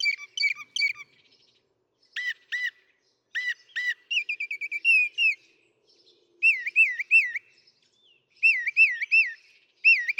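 Northern mockingbird song: a sequence of different phrases, each repeated a few times, from sharp chips to a burry trill and looping whistles.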